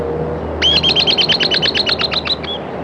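Bird giving a fast trill of many sharp, repeated notes lasting under two seconds, over a steady low droning noise.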